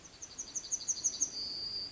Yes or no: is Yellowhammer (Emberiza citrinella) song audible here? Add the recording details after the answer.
yes. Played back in forest. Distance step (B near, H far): E. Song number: 121